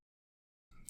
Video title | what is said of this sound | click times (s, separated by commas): Nemesis Reviews Transformers Studio Series SS-85 Arcee | that they'll click into place go ahead right here and rotate the waist around 180 | 0.9 s